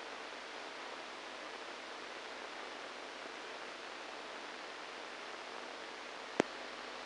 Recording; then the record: brain microelectrode recording played as sound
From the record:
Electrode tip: inside the subthalamic nucleus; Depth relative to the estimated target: -2 mm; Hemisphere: right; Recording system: NeuroSet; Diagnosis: Parkinson's disease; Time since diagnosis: 7 years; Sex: male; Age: 69 years